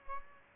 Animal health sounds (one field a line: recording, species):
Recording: mosquito wingbeat signal from an infrared sensor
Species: Aedes aegypti